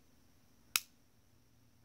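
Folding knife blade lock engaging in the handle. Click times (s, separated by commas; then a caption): 0.8 s. A folding knife's blade, its back running on the lock's ball bearing, is opened until the lock engages in the handle. A single sharp, loud snap is heard at 0.8 s against a quiet background. The blade lock snaps into place and is seated.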